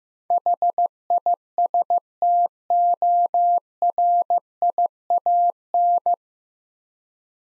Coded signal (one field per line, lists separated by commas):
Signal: Morse code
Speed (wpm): 15 wpm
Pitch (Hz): 700 Hz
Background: none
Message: HISTORIAN